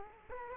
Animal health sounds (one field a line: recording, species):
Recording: mosquito wingbeat signal from an infrared sensor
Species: Culex quinquefasciatus